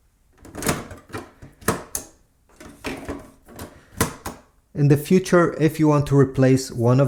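A yellow ink cartridge is slid along its track into the cartridge bay of a Brother MFC-J1205W inkjet printer and pushed until it latches. A sharp snap at 2.0 s marks it seating, among other short clicks and knocks. Someone talks throughout.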